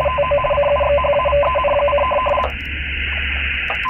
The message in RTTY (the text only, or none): TO CUXHAVEN: